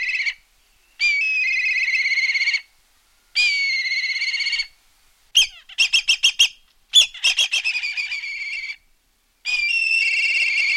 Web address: raptors species songs milvus migrans